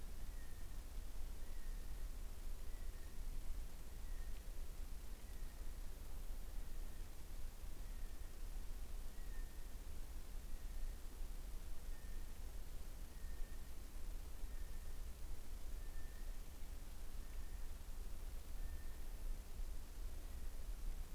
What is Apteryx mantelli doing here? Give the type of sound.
male call